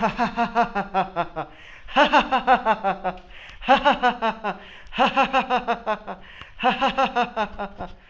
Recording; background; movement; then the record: laughter; quiet; sitting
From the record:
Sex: male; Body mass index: 20.6 kg/m2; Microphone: on the chest, facing the body